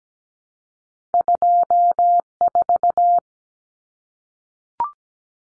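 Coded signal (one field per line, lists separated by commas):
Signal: Morse code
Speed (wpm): 17 wpm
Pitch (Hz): 700 Hz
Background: none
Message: 24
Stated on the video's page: Common cut numbers sent at 17 wpm for head-copy practice, each two-digit number sent in Morse, spoken, then sent again.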